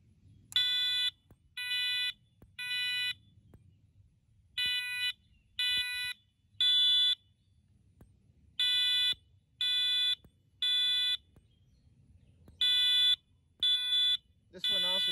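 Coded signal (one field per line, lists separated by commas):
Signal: alarm pattern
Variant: Temporal-3 fire horn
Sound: buzzy horn sounds three half-second beeps, pauses, repeats; four groups heard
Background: faint room noise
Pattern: temporal three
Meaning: Temporal-three is the standard fire evacuation signal: leave the building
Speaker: and lastly code three tone [Music] this one also doesn't seem very loud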